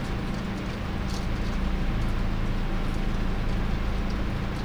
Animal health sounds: poultry house recording; no chicken sound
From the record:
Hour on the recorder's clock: 21

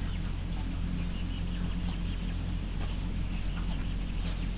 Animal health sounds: poultry house recording; sick chickens (respiratory disease)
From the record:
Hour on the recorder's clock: 0

